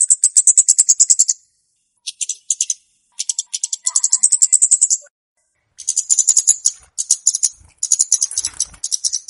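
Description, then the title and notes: Flowerpecker calls: dense rattling series of very high, sharp ticks in long bursts separated by brief pauses. Calls used to lure birds. "Kicau Untuk Pancing Burung Kemade ( Cabe Cabean). Suara Burung Cabe Cabean Pikat"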